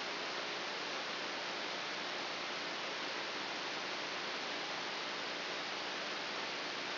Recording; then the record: brain microelectrode recording played as sound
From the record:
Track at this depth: inside the subthalamic nucleus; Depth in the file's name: 2.802 mm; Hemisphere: right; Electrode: 3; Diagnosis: Parkinson's disease